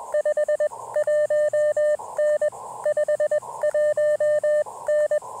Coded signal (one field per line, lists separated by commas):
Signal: Morse code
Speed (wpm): 20 wpm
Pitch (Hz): 600 Hz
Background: none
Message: 51N 51N